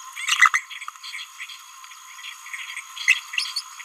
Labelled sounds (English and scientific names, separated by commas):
Green-rumped Parrotlet (Forpus passerinus) babbling